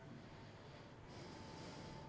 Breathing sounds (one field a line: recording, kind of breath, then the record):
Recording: one breath in and out by a microphone near the nose and mouth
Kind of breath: normal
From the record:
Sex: male